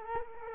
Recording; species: mosquito wingbeat signal from an infrared sensor; Culex quinquefasciatus